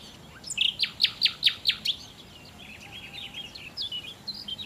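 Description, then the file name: Common nightingale song: six loud, ringing repeated notes in quick succession, followed by a soft, rambling twitter. "Nachtigall"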